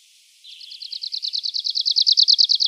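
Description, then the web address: Arctic warbler trilled song beginning after a brief silence, a quick series of dry, uniform notes that grows louder toward the end. "Schulze Peter Arctic Warbler"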